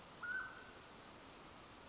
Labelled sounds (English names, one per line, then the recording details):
Mountain Quail
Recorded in Sonoma County, California